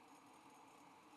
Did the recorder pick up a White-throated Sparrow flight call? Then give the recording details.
no. No flight call is heard. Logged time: 05:54 on 5 December 2014